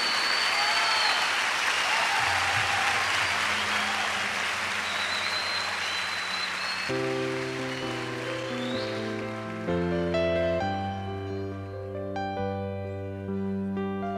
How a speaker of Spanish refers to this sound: Otro es el artista, y iniciamos dándole el mejor aplauso de este momento y de nuestra vida a ese único artista.